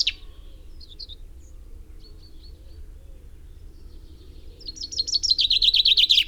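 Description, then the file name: Common chaffinch with a few soft scattered call notes, then a loud rapid descending trill begins near the end and is cut off mid-phrase. "Fringilla coelebs"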